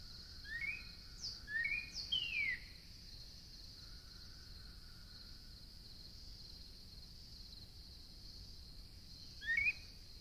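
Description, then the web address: Northern cardinal whistled phrase of rising notes and a long falling slur at the start, then mostly a steady high hum with one more short whistle near the end. "birds Northern Cardinal"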